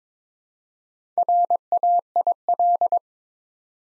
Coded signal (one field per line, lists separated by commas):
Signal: Morse code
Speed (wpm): 22 wpm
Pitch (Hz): 700 Hz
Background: none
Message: RAIL